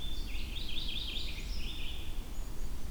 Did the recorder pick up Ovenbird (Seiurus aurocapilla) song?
no